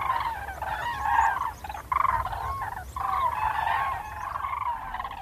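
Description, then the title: Common crane calling: overlapping bugling, rolling notes from several birds, raucous. Autumn migration; cranes gathering on farmland fields before departing. "Viikon luontoääni: Kurki"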